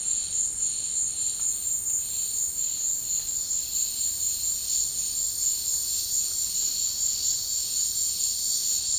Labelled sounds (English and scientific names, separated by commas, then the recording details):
none
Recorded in dense forest near Puerto Asís, Putumayo, Colombia, on 19 March 2025 at 14:30
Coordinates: 0.485, -76.318
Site G056